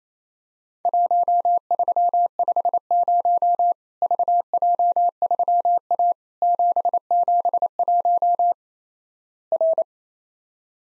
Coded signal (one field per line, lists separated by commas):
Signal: Morse code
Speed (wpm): 28 wpm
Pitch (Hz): 700 Hz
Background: none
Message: 1350 VJ3A 771 R